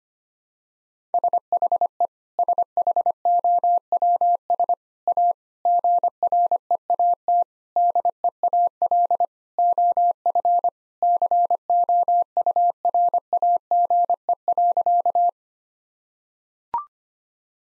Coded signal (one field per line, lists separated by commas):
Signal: Morse code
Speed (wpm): 25 wpm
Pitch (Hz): 700 Hz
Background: none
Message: SHE SHOWS A GREAT DEAL OF COURAGE.